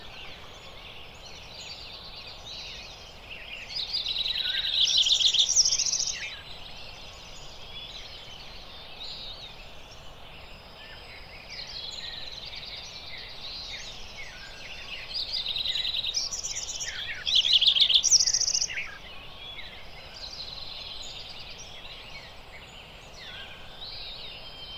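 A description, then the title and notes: Birds sing a dawn chorus over a steady low hiss, with many overlapping chirps and trills high in pitch. Bursts of louder, busier song come around 4 to 6 seconds, 15 to 16 seconds, and 17 to 19 seconds, then settle back to scattered calls. Lincoln Meadows. California. The morning awakes with the dawn chorus. Dark eyed junco, flycatchers, american robin, mountain quail break the morning air.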